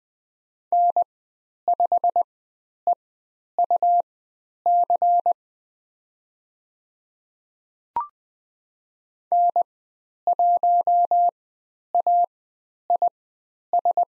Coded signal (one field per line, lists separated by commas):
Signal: Morse code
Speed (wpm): 20 wpm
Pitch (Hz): 700 Hz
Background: none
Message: N5EUC N1AIS